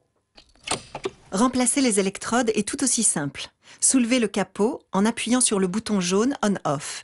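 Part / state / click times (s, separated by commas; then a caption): battery pack into defibrillator housing / seated / 0.4 s. A replacement ChargePak battery pack is pushed into its slot on a LifePak CR Plus defibrillator after the old one is released by pressing a small latch. The pack clicks into place at 0.4 s, followed by someone talking.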